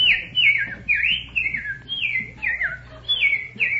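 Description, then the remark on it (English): A person whistles an imitation of a bird call: a quick series of about eight high, downward-sliding notes in a steady rhythm, with no talking. “Then there's what are some other bird calls?”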